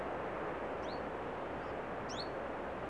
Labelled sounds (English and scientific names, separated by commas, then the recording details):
Common Chiffchaff (Phylloscopus collybita)
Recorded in Germany
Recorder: ecoPi